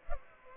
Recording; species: mosquito wingbeat signal from an infrared sensor; Culex pipiens